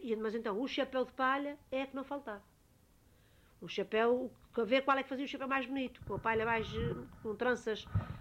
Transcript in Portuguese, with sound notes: Ele, mas então, o chapéu de palha é que não faltava! [pausa] O chapéu para ver qual é que fazia o chapéu mais bonito, com a palha mais, com tranças…